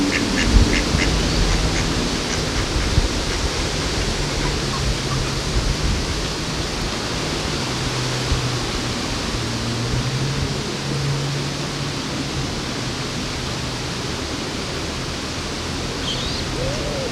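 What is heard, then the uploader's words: Along the river in Odense, a steady wash of rushing water fills the whole clip with a dense, even hiss. Beneath it a low hum drifts in and out, and a few faint ticks and clicks land in the first couple of seconds. Sounds along the river in Odense, Denmark.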